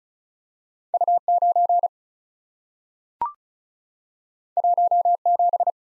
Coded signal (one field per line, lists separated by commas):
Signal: Morse code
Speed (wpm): 36 wpm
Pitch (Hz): 700 Hz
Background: none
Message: U 9 1 7